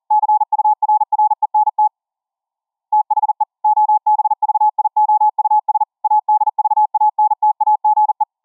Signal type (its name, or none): Morse code